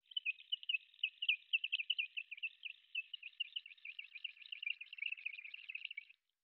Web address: sonido de un pajaro melodioso cantando sobre mi cabeza